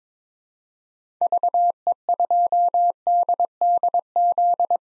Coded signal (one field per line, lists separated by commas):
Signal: Morse code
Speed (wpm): 22 wpm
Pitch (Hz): 700 Hz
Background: none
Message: VE2DDZ